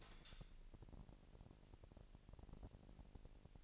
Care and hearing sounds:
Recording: daily activity, microphone in the room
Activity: light on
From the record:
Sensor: 5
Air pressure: 1002.0 hPa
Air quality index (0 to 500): 227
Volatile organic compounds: 30 ppm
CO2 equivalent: 2967 ppm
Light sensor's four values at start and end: 15/35/14/16 and 16/37/15/17

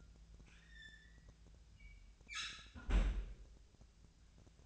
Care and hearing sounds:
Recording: daily activity, microphone in the room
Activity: close fridge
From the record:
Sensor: 2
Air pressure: 1009.5 hPa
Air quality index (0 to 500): 185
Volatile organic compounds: 11 ppm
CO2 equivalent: 2305 ppm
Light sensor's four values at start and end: 24/59/25/28 and 24/60/26/28

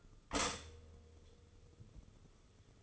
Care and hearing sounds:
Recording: daily activity, microphone in the room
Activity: stop toaster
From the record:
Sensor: 4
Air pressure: 995.3 hPa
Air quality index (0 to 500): 216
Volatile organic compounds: 264 ppm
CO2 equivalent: 4397 ppm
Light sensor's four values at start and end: 28/86/33/35 and 28/87/33/36

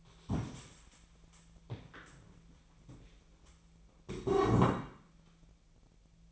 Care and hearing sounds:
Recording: daily activity, microphone in the room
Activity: stand up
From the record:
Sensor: 1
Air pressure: 1000.4 hPa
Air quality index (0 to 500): 180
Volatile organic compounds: 4 ppm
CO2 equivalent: 1664 ppm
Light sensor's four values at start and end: 12/29/12/14 and 12/29/12/14

